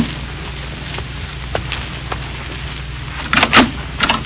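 A few soft, sharp raps on a door around 7 o'clock, spaced apart, then a louder cluster of knocks near the end over a low steady hum.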